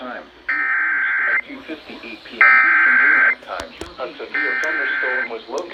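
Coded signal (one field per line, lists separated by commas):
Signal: Emergency Alert System (SAME) tones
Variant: header bursts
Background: speech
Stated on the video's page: Severe thunderstorm EAS alert.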